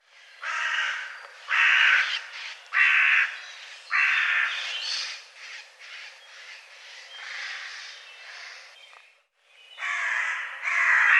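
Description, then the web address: Bird cawing in a long harsh series of rasping calls, some loud and some softer, briefly pausing before two more loud caws at the end. "cianscape birddata Deverinetal 2025 File cleaned normalized Bird"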